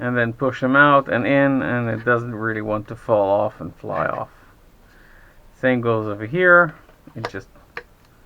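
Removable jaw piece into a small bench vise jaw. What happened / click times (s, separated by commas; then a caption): The jaw piece snapped into place / 7.8 s. Someone talks while a removable part on the other jaw of a restored small metal bench vise is pushed in. It snaps home with one sharp tick at 7.8 seconds, seating in place.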